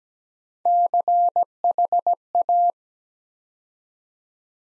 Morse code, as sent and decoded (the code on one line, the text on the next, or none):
-.-. .... .-
CHA